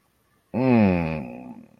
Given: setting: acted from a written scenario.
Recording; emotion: vocal sound without words; contentment